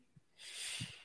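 A faint, quick snort followed by a breathy, hissing burst of air: a cat sneezing in the background, a weird, funny sound. The cat has been sneezing all day, possibly because of the weather outside.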